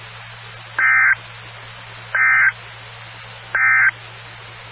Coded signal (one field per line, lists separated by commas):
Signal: Emergency Alert System (SAME) tones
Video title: 2013-05-19 - WX9MCS 147.255 MHz SKYWARN Repeater